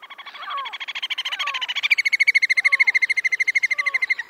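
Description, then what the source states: Little Grebe threat trill: a long, rapid, pulsing trill running over four seconds, lowering in pitch midway, with short down-slurred whistles beneath it. Long, deeper threat trill from a bird in territorial dispute; breeding season in early spring.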